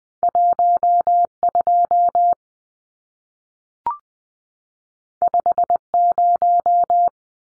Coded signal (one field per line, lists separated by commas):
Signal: Morse code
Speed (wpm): 20 wpm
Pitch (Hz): 700 Hz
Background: none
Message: 12 50